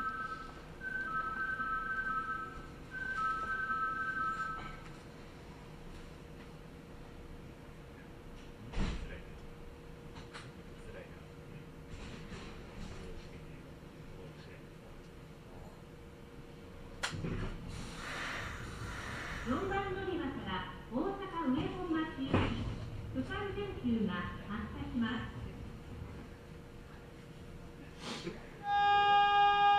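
A Kintetsu Osaka Line train ride, with steady low rumble, clicks and thumps, an announcement chime early on, and voices talking near the end.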